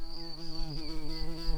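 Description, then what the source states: White-tailed bumblebee buzzing: a steady, low droning hum with rich overtones that wavers slightly in pitch and loudness throughout, with a faint thin high tone above. Queens.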